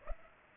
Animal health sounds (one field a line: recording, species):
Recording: mosquito wingbeat signal from an infrared sensor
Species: Aedes aegypti